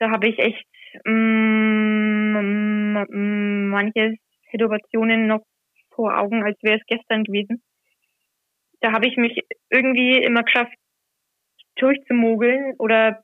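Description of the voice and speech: Woman speaking German with a long, flat, held vowel and long pauses, fitting prolongations and blocks of stuttering that she usually hides.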